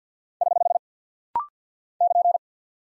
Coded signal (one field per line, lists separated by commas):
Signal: Morse code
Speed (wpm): 48 wpm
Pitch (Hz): 700 Hz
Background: none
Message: <HH> <KN>